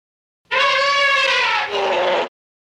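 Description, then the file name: Elephant trumpet, a single loud blaring call lasting nearly two seconds, rich and harsh, shifting lower in pitch toward its end. "Rainforest Cafe Elephant Sound"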